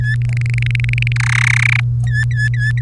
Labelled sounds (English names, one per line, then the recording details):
Domestic Canary song
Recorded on 3 May 2018 at 06:08
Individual llb3